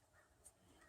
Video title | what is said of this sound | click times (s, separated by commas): 2004 Nissan 350z Oil Pressure Sensor replacement/Oil change | that just Clips right in you just push it right on there and it's good | 0.5 s